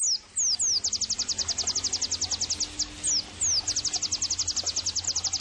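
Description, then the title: White-eye singing: several descending whistles at the start, then a fast high repeated trill with further whistles midway. Pleci singing actively (gacor); therapy and bird-training (masteran) audio. "Pleci Gacor. terapi pleci dextro 87 plus masteran kenari sahdu OmAcuz Dextro87 channel"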